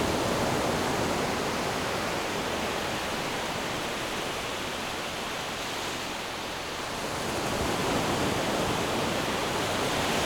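Waves wash onto the shore in a dense, steady hiss of surf that fills the whole clip without clear breaks between them. The roar dips slightly around the sixth second, then swells back up as another wave rushes in.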